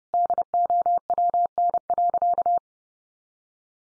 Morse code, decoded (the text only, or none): DOWN.